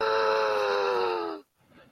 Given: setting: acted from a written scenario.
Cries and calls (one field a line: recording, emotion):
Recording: vocal sound without words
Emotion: distress